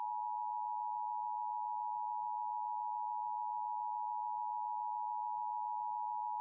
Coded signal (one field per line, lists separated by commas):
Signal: Emergency Alert System (SAME) tones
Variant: 853 and 960 Hz attention tone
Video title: LIVE AM/MW DX: DX Central Live - S. 3, Ep. 7 | Friday November 4, 2022 | MWFC: 1500-1550 kHz